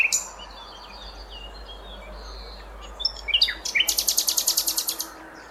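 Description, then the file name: Common nightingale song: a brief sharp note, thin whistles, then a burst of loud, rapidly repeated notes. "Luscinia megarhynchos"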